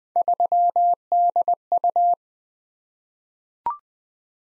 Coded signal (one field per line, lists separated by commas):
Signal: Morse code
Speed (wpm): 20 wpm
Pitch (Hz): 700 Hz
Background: none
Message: 3DU